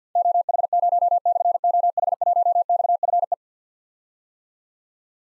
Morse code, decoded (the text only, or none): OH0/OH1XFE